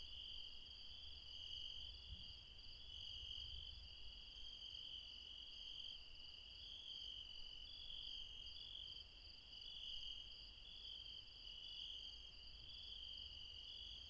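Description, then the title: Insects sustain a shrill, continuous trilling chorus with a faint pulsing upper layer, while low background rumble stays constant. Insects late at night in the mountains at Refuge Krevatia, Barbala, near Dion, Greece. "Refuge Krevatia, Μπαρμπαλά, Dion 601 00, Greece - Late night mountain insects"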